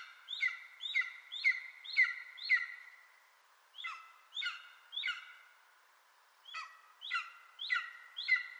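Bird calls in short bursts of harsh, harmonic notes that each slur downward, repeated about twice a second, with quiet gaps between bursts.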